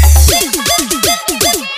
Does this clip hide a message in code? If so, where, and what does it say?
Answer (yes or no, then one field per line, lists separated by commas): no